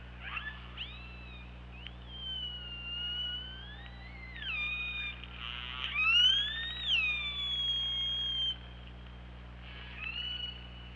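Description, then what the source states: Killer whale calls: long wavering tones, a loud rising-then-falling squeal in the middle, a pulsed buzzy sound, then quieter calls near the end over low hum. Recorded by OrcaLab hydrophone on 24 August 2017 at 23:34.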